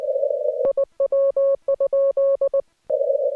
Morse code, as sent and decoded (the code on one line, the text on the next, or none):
.. .-- ..--..
IW?